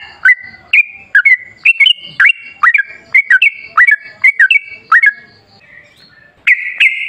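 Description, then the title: Yellow-vented bulbul chattering: clipped downward-flicking chirps repeated quickly with uneven spacing, a brief pause near the end before a final burst. Lively (gacor), rapid (ropel), wild-style (ngalas) trucuk song, used as a lure to make trucuk birds sing. "GACOR Ropel Ngalas Pancingan Trucukan Agar Bunyi Jadikan Burung Trucuk"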